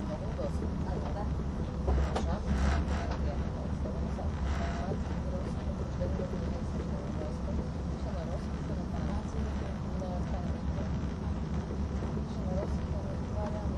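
A train travels along the Gotthard Base Tunnel route with a steady, heavy low rumble that stays constant throughout. Voices murmur over it, with brief speech-like bursts scattered across the clip and a slightly louder rush around two to three seconds.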